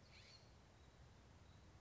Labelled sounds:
California Scrub-Jay (Aphelocoma californica)
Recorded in Sonoma County, California

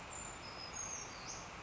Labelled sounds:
Brown Creeper (Certhia americana)
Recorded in Sonoma County, California

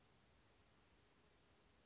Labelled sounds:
Chestnut-backed Chickadee (Poecile rufescens)
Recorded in Sonoma County, California

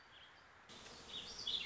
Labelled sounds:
Warbling Vireo (Vireo gilvus)
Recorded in Sonoma County, California

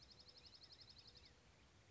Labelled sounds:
Dark-eyed Junco (Junco hyemalis)
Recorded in Sonoma County, California

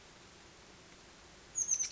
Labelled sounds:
Oak Titmouse (Baeolophus inornatus)
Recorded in Sonoma County, California

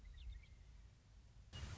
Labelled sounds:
Western Meadowlark (Sturnella neglecta)
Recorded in Sonoma County, California

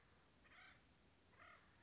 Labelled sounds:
Acorn Woodpecker (Melanerpes formicivorus)
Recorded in Sonoma County, California

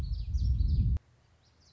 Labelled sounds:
Common Yellowthroat (Geothlypis trichas)
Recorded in Sonoma County, California

